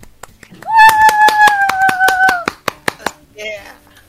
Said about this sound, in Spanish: Un aplauso.